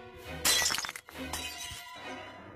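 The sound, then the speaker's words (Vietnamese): A ceramic cup, thrown and striking a man's head, smashes with a sudden bright crash, sharp shards scattering and tinkling for a moment before fading into a low, muffled rumble. “Thầy Hoan lỡ tay, còn chưa kịp phản ứng, đang định đỡ lão dậy thì một cái chén bay đánh vồ thẳng vào đầu của thầy, vỡ tan tành.”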